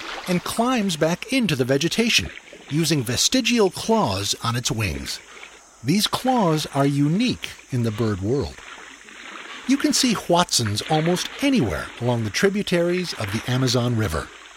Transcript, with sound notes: and climbs back into the vegetation, using vestigial claws on its wings. These claws are unique in the bird world. [Sounds of a canoe being paddled] You can see Hoatzins almost anywhere along the tributaries of the Amazon River.